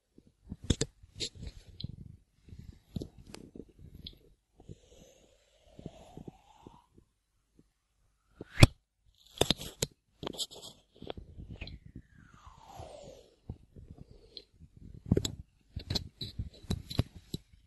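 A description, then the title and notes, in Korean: Ear cleaning: irregular scratching, rubbing and soft squishing, broken by sharp clicks and pops, with the loudest near 1, 8.5, 10 and 15 seconds. A squeaky rising glide runs around 5–7 seconds and a falling one around 12–13 seconds, with brief quiet gaps. 귀청소.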